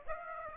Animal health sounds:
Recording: mosquito wingbeat signal from an infrared sensor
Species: Aedes aegypti

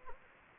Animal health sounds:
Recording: mosquito wingbeat signal from an infrared sensor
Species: Anopheles gambiae

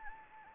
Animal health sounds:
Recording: mosquito wingbeat signal from an infrared sensor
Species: Anopheles gambiae

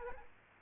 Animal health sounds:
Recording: mosquito wingbeat signal from an infrared sensor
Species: Aedes aegypti

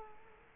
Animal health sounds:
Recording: mosquito wingbeat signal from an infrared sensor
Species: Culex quinquefasciatus

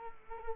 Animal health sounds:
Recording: mosquito wingbeat signal from an infrared sensor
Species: Culex quinquefasciatus

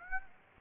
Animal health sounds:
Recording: mosquito wingbeat signal from an infrared sensor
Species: Aedes aegypti

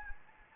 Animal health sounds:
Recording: mosquito wingbeat signal from an infrared sensor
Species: Anopheles gambiae

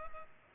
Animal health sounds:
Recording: mosquito wingbeat signal from an infrared sensor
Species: Culex pipiens

